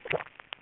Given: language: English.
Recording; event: throat vibration sensor signal played as sound; swallow